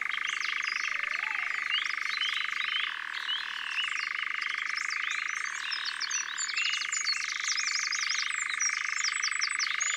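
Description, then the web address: European nightjar churring: a long, unbroken mechanical trill that drops to a lower pitch twice and then jumps back. Other birds sing and twitter above it, and a low warbling call is heard. "Engoulevent-d Europe abc-de-la-nature"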